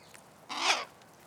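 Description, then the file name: Carrion crow giving a single harsh, hoarse caw lasting about a third of a second, against a quiet background. "Corvus corone"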